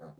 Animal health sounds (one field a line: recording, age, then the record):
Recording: pig call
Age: piglet (1 to 25 days)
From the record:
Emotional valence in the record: negative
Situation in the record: long isolation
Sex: female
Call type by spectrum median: low-frequency call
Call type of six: low-frequency stable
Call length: 0.20 s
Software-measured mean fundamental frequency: 77 Hz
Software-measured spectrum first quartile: 187 Hz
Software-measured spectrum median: 404 Hz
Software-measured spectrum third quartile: 634 Hz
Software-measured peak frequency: 504 Hz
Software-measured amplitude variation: 143 dB a second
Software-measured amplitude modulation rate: 15.2 a second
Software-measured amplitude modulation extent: 9.4 dB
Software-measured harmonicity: 1.8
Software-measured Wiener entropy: 0.10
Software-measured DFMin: 1250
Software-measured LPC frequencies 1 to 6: 552, 1326, 4291, 6408, 8026, 8863 Hz